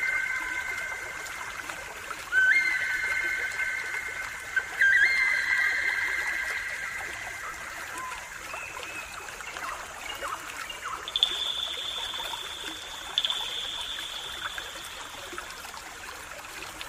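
Pan flute melody over steadily trickling water. Long, breathy held notes shift pitch every few seconds, with a slide into a higher passage near the two-second mark and a bright, higher note held from about eleven to fifteen seconds. The water keeps up a constant soft hiss underneath.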